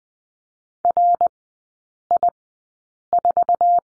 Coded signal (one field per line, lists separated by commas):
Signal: Morse code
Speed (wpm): 20 wpm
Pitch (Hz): 700 Hz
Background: none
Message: RI4